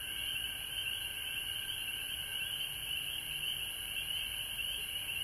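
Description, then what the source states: Chorusing frogs produce a continuous high trilling band, with a fainter lower band of calls beneath, steady throughout. Recorded at home in Georgia on March 19, 2020.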